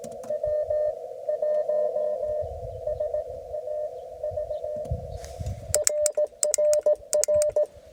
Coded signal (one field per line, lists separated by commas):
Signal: Morse code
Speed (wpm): 17 wpm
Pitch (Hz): 590 Hz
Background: none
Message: W1SAV RRR